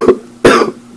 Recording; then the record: coughing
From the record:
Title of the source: Coughing 77